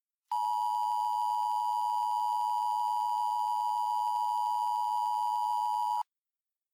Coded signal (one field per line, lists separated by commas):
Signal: Emergency Alert System (SAME) tones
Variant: 853 and 960 Hz attention tone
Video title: EAS Mock 21: Ascension